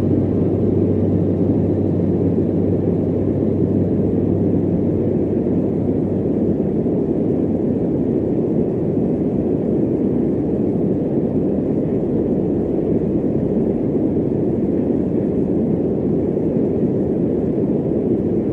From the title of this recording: Alpha & Beta Wave Binaurals and Soothing Fan Noise